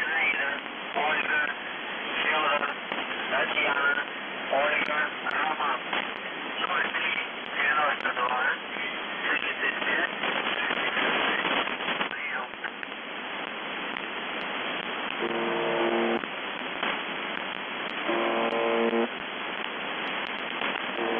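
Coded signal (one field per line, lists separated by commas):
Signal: numbers station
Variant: UVB-76 (The Buzzer)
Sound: muffled voice through heavy radio noise, interrupted by two short harsh buzzes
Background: radio static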